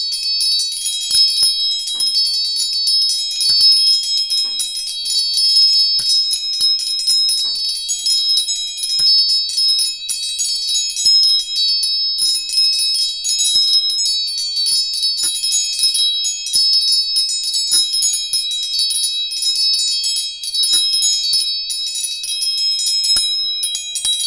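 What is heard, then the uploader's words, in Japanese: Tuning forks ring in a dense, shimmering cluster of high, bright tones that overlap and sustain for the whole 24 seconds, sounding much like chimes. The level stays steady, new strikes blending in continuously, with a faint lower hum and occasional soft ticks underneath. 音叉チューニング。639hz。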